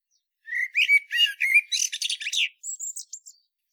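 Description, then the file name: Common blackbird song: low, mellow fluted notes sliding up and down, followed by a rapid, thin, high-pitched squeaky twitter. "Turdus merula"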